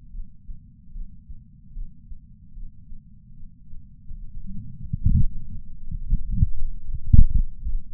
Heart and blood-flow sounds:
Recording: heart sounds by patch sensor on the chest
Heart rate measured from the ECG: 75 bpm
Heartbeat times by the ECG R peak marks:
0.11 s: heartbeat
0.92 s: heartbeat
1.73 s: heartbeat
2.53 s: heartbeat
3.34 s: heartbeat
4.15 s: heartbeat
4.97 s: heartbeat
5.77 s: heartbeat
6.55 s: heartbeat
7.34 s: heartbeat
From the record:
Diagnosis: coronary artery disease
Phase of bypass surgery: preoperative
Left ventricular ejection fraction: 32.2%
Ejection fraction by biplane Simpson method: 32%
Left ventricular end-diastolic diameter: 64 mm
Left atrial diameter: 40 mm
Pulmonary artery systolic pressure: 18 mmHg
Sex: male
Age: 49 years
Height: 175 cm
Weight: 80 kg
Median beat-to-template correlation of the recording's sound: 0.84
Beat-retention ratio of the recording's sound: 1.00

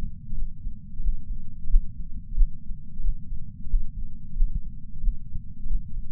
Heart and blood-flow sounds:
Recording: heart sounds by patch sensor on the chest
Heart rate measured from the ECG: 90 bpm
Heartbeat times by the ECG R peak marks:
0.36 s: heartbeat
1.03 s: heartbeat
1.69 s: heartbeat
2.36 s: heartbeat
3.03 s: heartbeat
3.69 s: heartbeat
4.33 s: heartbeat
5.02 s: heartbeat
5.69 s: heartbeat
From the record:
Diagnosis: coronary artery disease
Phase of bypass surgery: postoperative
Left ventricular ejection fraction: 56.9%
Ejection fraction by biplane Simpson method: 54%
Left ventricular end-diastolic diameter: 47 mm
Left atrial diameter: 43 mm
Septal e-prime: 5 cm/s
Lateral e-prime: 5.3 cm/s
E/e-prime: 10.9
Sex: male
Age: 77 years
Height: 160 cm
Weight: 79.5 kg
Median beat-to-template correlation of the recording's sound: 0.62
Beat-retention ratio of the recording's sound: 1.00

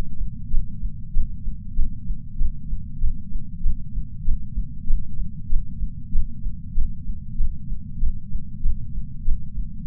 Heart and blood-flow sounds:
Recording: heart sounds by patch sensor on the chest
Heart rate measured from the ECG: 96 bpm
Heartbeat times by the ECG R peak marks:
0.47 s: heartbeat
1.10 s: heartbeat
1.73 s: heartbeat
2.35 s: heartbeat
2.97 s: heartbeat
3.60 s: heartbeat
4.22 s: heartbeat
4.84 s: heartbeat
5.46 s: heartbeat
6.09 s: heartbeat
6.71 s: heartbeat
7.34 s: heartbeat
7.97 s: heartbeat
8.59 s: heartbeat
9.22 s: heartbeat
9.84 s: heartbeat
From the record:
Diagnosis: coronary artery disease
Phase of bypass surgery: preoperative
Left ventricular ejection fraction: 60.9%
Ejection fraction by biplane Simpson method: 52.5%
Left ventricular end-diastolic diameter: 49 mm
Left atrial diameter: 38 mm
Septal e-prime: 4.5 cm/s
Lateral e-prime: 5.9 cm/s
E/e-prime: 13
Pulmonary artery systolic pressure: 21 mmHg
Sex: female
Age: 74 years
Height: 160 cm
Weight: 64 kg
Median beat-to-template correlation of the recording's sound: 0.92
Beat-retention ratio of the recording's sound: 0.97

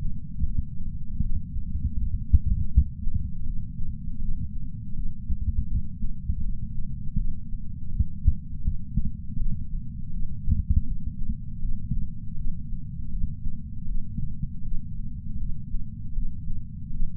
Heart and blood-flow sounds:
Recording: heart sounds by patch sensor on the chest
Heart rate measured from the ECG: 80 bpm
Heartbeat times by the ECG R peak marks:
0.45 s: heartbeat
1.22 s: heartbeat
1.97 s: heartbeat
2.71 s: heartbeat
3.45 s: heartbeat
4.20 s: heartbeat
4.95 s: heartbeat
5.69 s: heartbeat
6.42 s: heartbeat
7.17 s: heartbeat
7.90 s: heartbeat
8.63 s: heartbeat
9.38 s: heartbeat
10.12 s: heartbeat
10.86 s: heartbeat
11.61 s: heartbeat
12.36 s: heartbeat
13.11 s: heartbeat
13.87 s: heartbeat
14.63 s: heartbeat
15.39 s: heartbeat
16.14 s: heartbeat
16.91 s: heartbeat
From the record:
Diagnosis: coronary artery disease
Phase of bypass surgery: preoperative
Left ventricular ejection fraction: 51.7%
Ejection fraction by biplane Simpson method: 50.1%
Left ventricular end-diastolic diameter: 56 mm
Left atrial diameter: 44 mm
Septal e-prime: 6.6 cm/s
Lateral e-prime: 7.4 cm/s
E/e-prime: 12.8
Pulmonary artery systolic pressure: 46 mmHg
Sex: female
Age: 69 years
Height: 155 cm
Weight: 70 kg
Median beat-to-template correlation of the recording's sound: 0.76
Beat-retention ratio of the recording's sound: 0.97

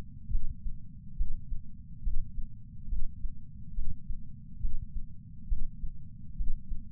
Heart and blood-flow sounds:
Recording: heart sounds by patch sensor on the chest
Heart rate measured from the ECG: 69 bpm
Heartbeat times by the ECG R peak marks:
0.31 s: heartbeat
1.17 s: heartbeat
2.03 s: heartbeat
2.89 s: heartbeat
3.75 s: heartbeat
4.61 s: heartbeat
5.48 s: heartbeat
6.37 s: heartbeat
From the record:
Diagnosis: coronary artery disease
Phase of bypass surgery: preoperative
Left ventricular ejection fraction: 65.2%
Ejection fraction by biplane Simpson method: 56.6%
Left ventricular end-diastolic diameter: 45 mm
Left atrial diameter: 34 mm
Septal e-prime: 5.7 cm/s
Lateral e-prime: 8.2 cm/s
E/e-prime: 7.6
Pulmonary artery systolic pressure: 21 mmHg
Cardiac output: 6.8 L/min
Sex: male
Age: 69 years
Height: 174 cm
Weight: 79 kg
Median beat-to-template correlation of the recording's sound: 0.95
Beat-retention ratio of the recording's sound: 0.99

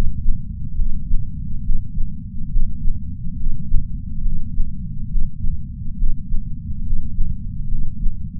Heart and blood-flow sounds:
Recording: heart sounds by patch sensor on the chest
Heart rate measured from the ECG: 69 bpm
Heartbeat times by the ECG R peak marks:
0.76 s: heartbeat
1.62 s: heartbeat
2.50 s: heartbeat
3.37 s: heartbeat
4.23 s: heartbeat
5.09 s: heartbeat
5.97 s: heartbeat
6.84 s: heartbeat
7.69 s: heartbeat
From the record:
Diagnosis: coronary artery disease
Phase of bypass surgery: preoperative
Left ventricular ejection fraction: 60.7%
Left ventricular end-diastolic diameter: 49 mm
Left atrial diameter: 38 mm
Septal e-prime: 7.7 cm/s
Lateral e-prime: 8.9 cm/s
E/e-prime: 8.7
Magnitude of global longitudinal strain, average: 16.3%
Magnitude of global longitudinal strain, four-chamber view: 16.1%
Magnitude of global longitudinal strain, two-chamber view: 16.3%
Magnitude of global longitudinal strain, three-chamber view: 16.5%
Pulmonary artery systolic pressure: 21 mmHg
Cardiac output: 4.8 L/min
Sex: male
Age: 58 years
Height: 170 cm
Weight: 80 kg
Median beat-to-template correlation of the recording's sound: 0.88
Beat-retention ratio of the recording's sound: 1.00

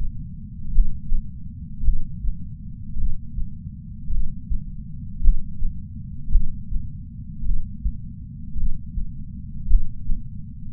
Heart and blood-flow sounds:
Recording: heart sounds by patch sensor on the chest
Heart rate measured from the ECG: 54 bpm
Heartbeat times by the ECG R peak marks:
0.72 s: heartbeat
1.82 s: heartbeat
2.95 s: heartbeat
4.09 s: heartbeat
5.21 s: heartbeat
6.29 s: heartbeat
7.42 s: heartbeat
8.54 s: heartbeat
9.67 s: heartbeat
From the record:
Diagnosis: coronary artery disease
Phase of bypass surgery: postoperative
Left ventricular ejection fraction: 51.3%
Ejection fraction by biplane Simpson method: 50.8%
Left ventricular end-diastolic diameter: 53 mm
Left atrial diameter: 44 mm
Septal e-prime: 5.6 cm/s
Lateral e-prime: 9.8 cm/s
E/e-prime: 14.5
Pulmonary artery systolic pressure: 20 mmHg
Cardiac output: 6.3 L/min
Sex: male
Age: 70 years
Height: 165 cm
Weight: 70 kg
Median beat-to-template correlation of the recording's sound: 0.86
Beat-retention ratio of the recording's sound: 1.00

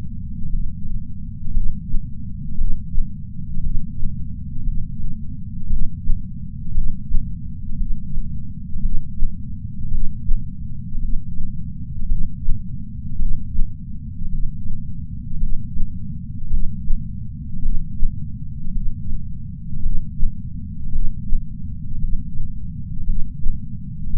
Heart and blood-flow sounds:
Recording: heart sounds by patch sensor on the chest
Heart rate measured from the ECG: 56 bpm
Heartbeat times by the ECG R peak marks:
0.49 s: heartbeat
1.52 s: heartbeat
2.56 s: heartbeat
3.61 s: heartbeat
4.63 s: heartbeat
5.68 s: heartbeat
6.73 s: heartbeat
7.77 s: heartbeat
8.80 s: heartbeat
9.89 s: heartbeat
10.99 s: heartbeat
12.07 s: heartbeat
13.17 s: heartbeat
14.29 s: heartbeat
15.38 s: heartbeat
16.48 s: heartbeat
17.61 s: heartbeat
18.72 s: heartbeat
19.81 s: heartbeat
20.90 s: heartbeat
21.99 s: heartbeat
23.04 s: heartbeat
24.11 s: heartbeat
From the record:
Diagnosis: coronary artery disease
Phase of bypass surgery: preoperative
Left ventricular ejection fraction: 62%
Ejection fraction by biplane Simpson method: 62.4%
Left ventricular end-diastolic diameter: 51 mm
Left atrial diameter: 40 mm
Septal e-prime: 9.2 cm/s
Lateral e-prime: 9.2 cm/s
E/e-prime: 8.2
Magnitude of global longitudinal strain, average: 18.8%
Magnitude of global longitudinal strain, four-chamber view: 19.4%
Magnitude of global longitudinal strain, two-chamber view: 19%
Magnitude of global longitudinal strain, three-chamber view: 18.1%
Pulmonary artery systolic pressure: 24 mmHg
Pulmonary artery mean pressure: 10 mmHg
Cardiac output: 4.7 L/min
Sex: male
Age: 57 years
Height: 175 cm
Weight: 80 kg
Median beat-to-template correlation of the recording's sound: 0.88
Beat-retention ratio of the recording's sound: 0.93

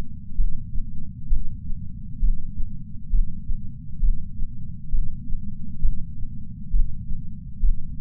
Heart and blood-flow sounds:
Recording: heart sounds by patch sensor on the chest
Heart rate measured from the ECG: 66 bpm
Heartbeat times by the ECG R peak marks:
0.34 s: heartbeat
1.27 s: heartbeat
2.18 s: heartbeat
3.09 s: heartbeat
3.99 s: heartbeat
4.88 s: heartbeat
5.79 s: heartbeat
6.69 s: heartbeat
7.59 s: heartbeat
From the record:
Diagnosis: coronary artery disease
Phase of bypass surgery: intraoperative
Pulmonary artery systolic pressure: 22 mmHg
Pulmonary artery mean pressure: 15 mmHg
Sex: female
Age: 60 years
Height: 158 cm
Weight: 54 kg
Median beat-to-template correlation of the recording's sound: 0.93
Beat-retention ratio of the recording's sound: 0.95

